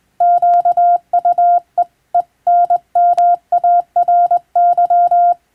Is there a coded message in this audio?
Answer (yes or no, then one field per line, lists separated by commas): yes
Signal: Morse code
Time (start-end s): 0.2-5.3 s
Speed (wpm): 21 wpm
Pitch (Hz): 700 Hz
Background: none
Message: QUEEN MARY